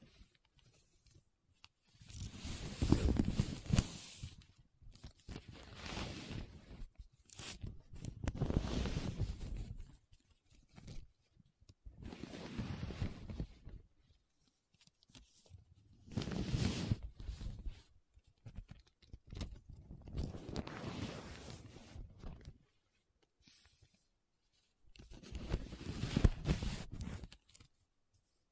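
Paper being rubbed and scratched in repeated strokes, each lasting one to three seconds, with short silent gaps between them. The strokes sound rough and full, running from low to bright, and a few rise to louder peaks, especially near three and twenty-six seconds.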